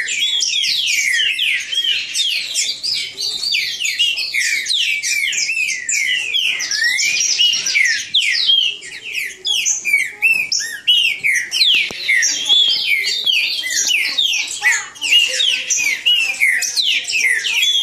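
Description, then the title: Green-winged saltator singing a long, unbroken series of fast whistled slurs and chirps, two or more birds overlapping continuously. Bird named Nicão in the bush, singing in a contest against a free-living wild bird. "Trinca Ferro NICÃO No Mato Disputando Com Solto"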